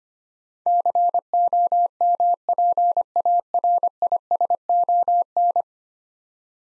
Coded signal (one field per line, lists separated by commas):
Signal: Morse code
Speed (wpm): 25 wpm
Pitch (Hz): 700 Hz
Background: none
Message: COMPARISON